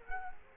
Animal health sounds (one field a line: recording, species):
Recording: mosquito wingbeat signal from an infrared sensor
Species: Culex quinquefasciatus